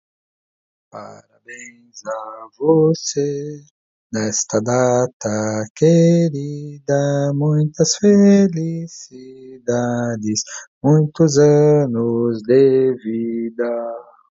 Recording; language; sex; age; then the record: short text; Brazilian Portuguese; male; 50 to 59 years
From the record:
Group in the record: control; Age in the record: 57 years